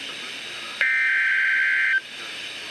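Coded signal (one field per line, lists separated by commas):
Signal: Emergency Alert System (SAME) tones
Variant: header bursts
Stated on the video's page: Severe thunderstorm warning from NOAA Weather Radio station WXJ87 in Madison, Wisconsin.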